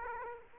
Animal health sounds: mosquito wingbeat signal from an infrared sensor; Aedes aegypti

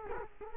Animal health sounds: mosquito wingbeat signal from an infrared sensor; Culex quinquefasciatus

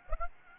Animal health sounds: mosquito wingbeat signal from an infrared sensor; Aedes aegypti

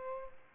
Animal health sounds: mosquito wingbeat signal from an infrared sensor; Culex pipiens

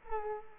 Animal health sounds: mosquito wingbeat signal from an infrared sensor; Culex quinquefasciatus

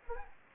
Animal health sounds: mosquito wingbeat signal from an infrared sensor; Anopheles gambiae

